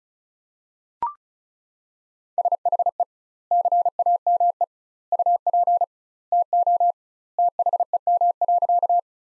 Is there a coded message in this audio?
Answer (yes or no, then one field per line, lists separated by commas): yes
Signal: Morse code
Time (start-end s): 2.4-9.0 s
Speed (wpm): 34 wpm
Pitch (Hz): 700 Hz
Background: none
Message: SHE CAME UP TO THEM.